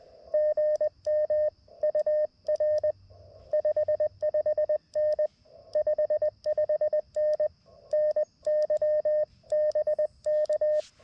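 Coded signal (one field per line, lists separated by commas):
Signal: Morse code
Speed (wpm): 20 wpm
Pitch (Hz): 1800 Hz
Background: none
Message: GM UR 55N 55N NY BK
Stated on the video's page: QRP CW Parks on the Air activation with an LNR Precision MTR-4B, using 66 feet of wire in a tree.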